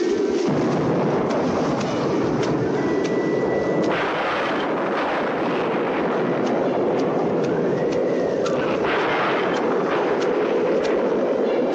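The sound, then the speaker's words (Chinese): Thunder booms and cracks repeatedly, with lightning, over a loud, steady roar of wind and rain on a stormy night, with sharp bursts rising out of the continuous wash. No one speaks. “不过后来雷电交加，佢嘅心情开始烦躁，余光不停咁闪，佢嘅速度咧越嚟越快，雷声越响，佢嘅拳风就越响。”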